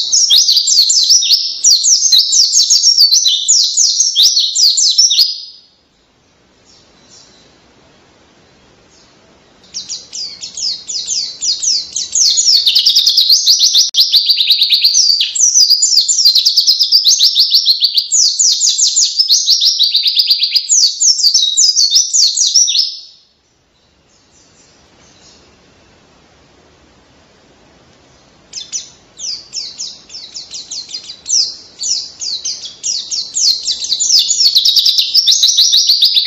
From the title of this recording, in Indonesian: Pleci Gacor Ngalas Edan Rasa Kenari